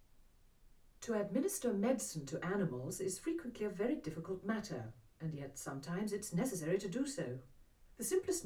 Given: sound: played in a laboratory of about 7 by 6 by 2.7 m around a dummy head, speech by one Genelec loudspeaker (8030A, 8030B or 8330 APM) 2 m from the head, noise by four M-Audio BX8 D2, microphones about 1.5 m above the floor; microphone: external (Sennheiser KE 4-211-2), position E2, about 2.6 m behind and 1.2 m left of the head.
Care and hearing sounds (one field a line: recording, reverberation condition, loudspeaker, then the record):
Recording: female speech in English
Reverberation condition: low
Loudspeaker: 60 degrees to the right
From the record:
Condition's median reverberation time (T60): about 310 ms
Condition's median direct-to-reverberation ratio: about 3.5 dB